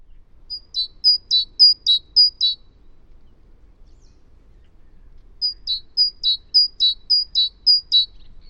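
Great tit song in two runs of sharp, bright two-note phrases, each note pair repeated rapidly about four to six times, with a quiet pause between runs.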